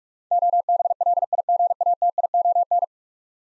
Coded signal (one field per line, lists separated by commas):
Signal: Morse code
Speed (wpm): 46 wpm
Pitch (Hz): 700 Hz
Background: none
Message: OBLIGATION